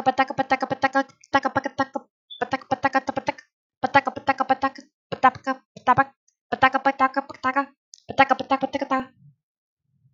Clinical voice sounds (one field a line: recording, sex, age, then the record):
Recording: repeated syllables /pa ta ka/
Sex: female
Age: 20 to 29 years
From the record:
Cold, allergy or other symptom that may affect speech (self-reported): no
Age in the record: 25 years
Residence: California, United States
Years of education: 16